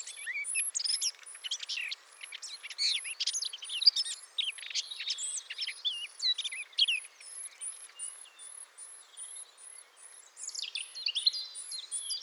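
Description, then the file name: Eurasian blackcap song, a rapid jumbled warble, while another high, thin note repeats steadily about twice a second throughout. "Sylvia atricapilla"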